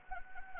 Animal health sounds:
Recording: mosquito wingbeat signal from an infrared sensor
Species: Anopheles gambiae

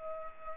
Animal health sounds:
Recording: mosquito wingbeat signal from an infrared sensor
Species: Culex pipiens

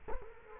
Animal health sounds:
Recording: mosquito wingbeat signal from an infrared sensor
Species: Culex quinquefasciatus

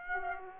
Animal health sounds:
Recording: mosquito wingbeat signal from an infrared sensor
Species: Aedes aegypti

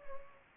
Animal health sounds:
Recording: mosquito wingbeat signal from an infrared sensor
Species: Anopheles gambiae

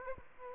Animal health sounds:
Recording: mosquito wingbeat signal from an infrared sensor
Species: Aedes aegypti

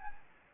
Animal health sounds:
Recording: mosquito wingbeat signal from an infrared sensor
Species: Anopheles gambiae

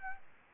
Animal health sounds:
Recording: mosquito wingbeat signal from an infrared sensor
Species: Aedes albopictus

